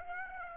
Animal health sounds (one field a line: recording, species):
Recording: mosquito wingbeat signal from an infrared sensor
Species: Aedes aegypti